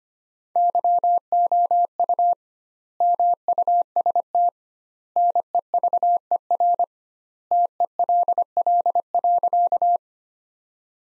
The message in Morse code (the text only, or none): YOU MUST NEVER TELL.